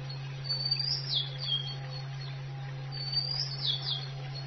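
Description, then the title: Oriental magpie-robin giving two short whistled phrases with swooping, falling notes, separated by a pause, against a steady low hum. "Kicau Kacer"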